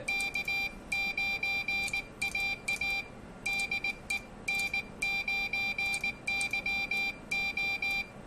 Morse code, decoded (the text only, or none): K9AA DE N9YO